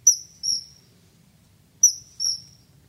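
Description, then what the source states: Common Kingfisher calls, two pairs of high, shrill notes, over quiet low background. Heard in the field on the Veluwe near a Gelderland hamlet; high, somewhat shrill whistling call announcing its arrival, likened to squeaking; squeaks once on seeing you, then flies off.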